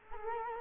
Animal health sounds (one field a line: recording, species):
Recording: mosquito wingbeat signal from an infrared sensor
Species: Culex quinquefasciatus